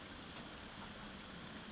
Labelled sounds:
California Towhee (Melozone crissalis)
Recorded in Sonoma County, California

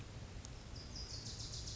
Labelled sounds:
Wilson's Warbler (Cardellina pusilla)
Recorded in Sonoma County, California

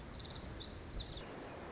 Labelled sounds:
Pacific Wren (Troglodytes pacificus)
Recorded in Sonoma County, California

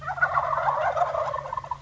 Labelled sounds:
Wild Turkey (Meleagris gallopavo)
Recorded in Sonoma County, California

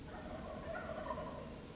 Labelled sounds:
Wild Turkey (Meleagris gallopavo)
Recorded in Sonoma County, California

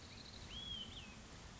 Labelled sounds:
Olive-sided Flycatcher (Contopus cooperi)
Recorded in Sonoma County, California

